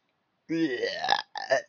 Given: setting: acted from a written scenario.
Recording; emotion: vocal sound without words; disgust